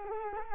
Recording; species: mosquito wingbeat signal from an infrared sensor; Culex quinquefasciatus